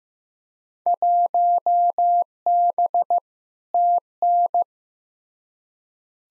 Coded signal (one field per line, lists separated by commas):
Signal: Morse code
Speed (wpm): 15 wpm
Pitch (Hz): 700 Hz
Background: none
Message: 1B TN